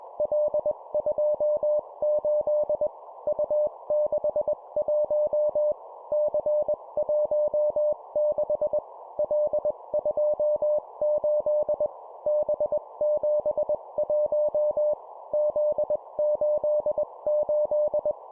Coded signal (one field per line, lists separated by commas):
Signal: Morse code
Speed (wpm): 21 wpm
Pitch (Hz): 600 Hz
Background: none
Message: L28 U61 C16 L28 B71 Z88